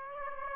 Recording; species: mosquito wingbeat signal from an infrared sensor; Aedes aegypti